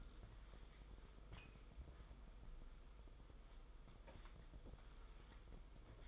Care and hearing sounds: daily activity, microphone in the room; wipe stove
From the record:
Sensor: 5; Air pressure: 990.6 hPa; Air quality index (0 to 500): 158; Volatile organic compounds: 231 ppm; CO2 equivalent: 4308 ppm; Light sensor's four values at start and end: 42/124/49/52 and 42/121/48/51

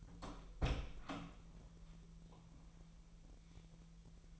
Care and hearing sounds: daily activity, microphone in the room; open door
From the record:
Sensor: 1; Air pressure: 1001.4 hPa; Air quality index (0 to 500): 250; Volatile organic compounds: 131 ppm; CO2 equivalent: 3932 ppm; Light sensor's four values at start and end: 9/23/9/10 and 11/27/11/12

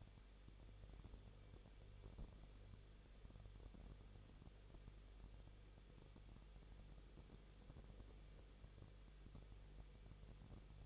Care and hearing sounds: daily activity, microphone in the room; no activity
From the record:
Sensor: 4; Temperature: 23.1 degrees Celsius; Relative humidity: 34.1%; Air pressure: 1007.2 hPa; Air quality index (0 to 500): 215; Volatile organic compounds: 15 ppm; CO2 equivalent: 2487 ppm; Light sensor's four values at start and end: 2/3/1/1 and 2/3/1/1

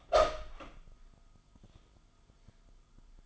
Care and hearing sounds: daily activity, microphone in the room; open door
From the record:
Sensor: 5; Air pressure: 1004.9 hPa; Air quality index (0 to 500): 104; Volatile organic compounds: 2 ppm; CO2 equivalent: 1264 ppm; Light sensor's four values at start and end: 35/82/33/32 and 35/81/33/32

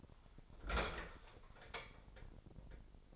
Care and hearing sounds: daily activity, microphone in the room; open fridge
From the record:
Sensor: 5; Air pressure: 995.4 hPa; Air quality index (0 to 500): 81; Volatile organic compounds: 3 ppm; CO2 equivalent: 1490 ppm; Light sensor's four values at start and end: 35/85/34/35 and 38/92/37/38

